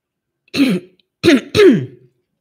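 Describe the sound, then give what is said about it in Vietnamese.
Someone with a sore throat, who has been coughing continually since the afternoon, clears their throat and coughs in three rough, raspy bursts while reading a story aloud, with a short pause after the first and the last two coming almost back to back. No talking accompanies them. “Mình cũng không biết là hôm nay mình có thể đọc được 2 tập liền một lúc không, tại vì từ chiều đến giờ rất là đau họng và bị ho liên tục rồi, nhưng mà không muốn gián đoạn đọc truyện.”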